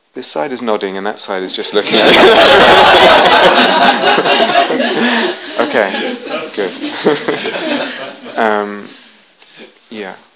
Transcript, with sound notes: This side is nodding, and that side is just looking at me. [laughter] Okay, good. Yeah.